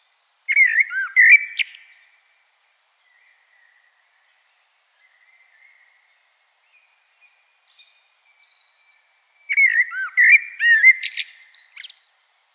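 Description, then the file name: Common blackbird singing two phrases of low, fluty notes and high twitters, with a long gap of faint chirps between them. "Turdus merula"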